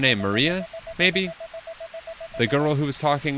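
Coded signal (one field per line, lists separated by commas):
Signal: none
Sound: a game's sound effects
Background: speech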